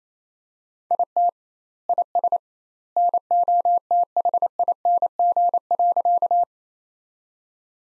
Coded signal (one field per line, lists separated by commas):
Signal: Morse code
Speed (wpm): 27 wpm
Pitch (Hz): 700 Hz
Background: none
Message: IT IS NOTHING.